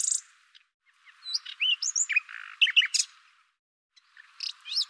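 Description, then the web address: Bird calls, high chirps and short rising and falling whistled notes in several bouts separated by brief pauses. "Deverinetal 2025"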